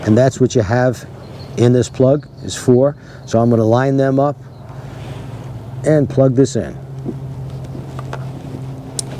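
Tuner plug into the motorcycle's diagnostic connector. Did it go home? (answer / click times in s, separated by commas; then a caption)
yes / 9.0 s. Someone talks while a tuner's plug is lined up on the 4 active pins of the diagnostic connector on a 2020 Electra Glide motorcycle and pushed in. A steady low hum runs underneath, with small ticks near 8.0 and 8.1 seconds. A sharp snap at 9.0 seconds marks the connector seating.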